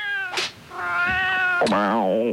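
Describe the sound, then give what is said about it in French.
A cat meows insistently in a few drawn-out, wavering calls, the last one rising and bending in pitch like a yowl, loud and with no voices over it. “Bon, ça commence à bien faire là. Si t'as des chats, tu les ranges.”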